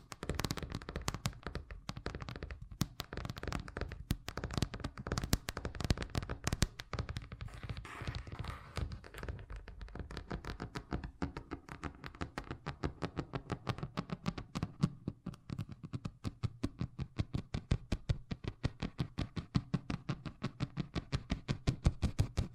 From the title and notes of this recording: ASMR Braingasm Inducing Fast Tapping (No Talking).